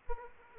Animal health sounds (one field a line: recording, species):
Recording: mosquito wingbeat signal from an infrared sensor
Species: Aedes aegypti